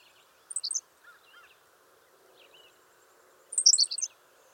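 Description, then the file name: Henslow's sparrow giving a sharp, high hiccup song twice, about three seconds apart, over steady background noise. "Ammodramus henslowii - Henslow's Sparrow"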